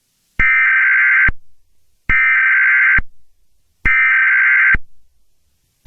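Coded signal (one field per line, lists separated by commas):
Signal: Emergency Alert System (SAME) tones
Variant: header bursts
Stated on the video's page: Simulated EAS scenario.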